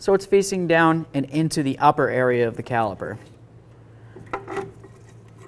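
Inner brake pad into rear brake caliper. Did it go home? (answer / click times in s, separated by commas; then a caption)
yes / 4.3 s. Someone talks while the steel-backed inner brake pad, with its rounded area facing down, is set into the upper area of the rear brake caliper of a 2007-2017 Ford Expedition and squeezed so its spring tabs compress. One sharp metallic click at 4.3 s marks the tabs latching in, and the pad is seated in the caliper.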